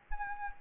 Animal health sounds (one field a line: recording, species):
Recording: mosquito wingbeat signal from an infrared sensor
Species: Anopheles gambiae